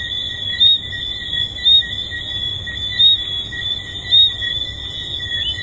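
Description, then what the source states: Tree frogs: constant high-pitched ringing chorus, with several louder whistled notes standing out. Tree frogs recorded at Hedonism II resort.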